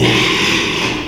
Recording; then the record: squeal of a Yucatan mini pig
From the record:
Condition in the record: after surgery on the right vocal fold (resection and tissue-engineered implant); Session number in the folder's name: 1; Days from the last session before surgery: 6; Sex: male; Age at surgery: 12 weeks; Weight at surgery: 13 kg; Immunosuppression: cyclosporine, prednisolone